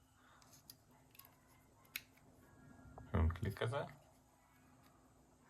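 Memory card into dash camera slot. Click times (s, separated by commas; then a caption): 2.0 s. A memory card is inserted into the slot of a BlackVue dash camera, following the marking on the card, and clicks into place at 2.0 s with a sharp snap. Someone talks around the click, and the card is seated.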